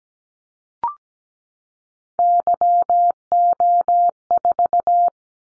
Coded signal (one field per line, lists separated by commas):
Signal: Morse code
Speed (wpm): 17 wpm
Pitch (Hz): 700 Hz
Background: none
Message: YO4